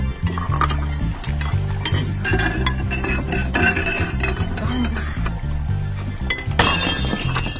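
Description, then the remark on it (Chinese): Dishes clink faintly during washing up over a steady musical background, then a sharp, bright crash of a dish breaking bursts out near the end. “哎呦，真倒霉！算了，不洗碗了，我还是先洗衣服吧。”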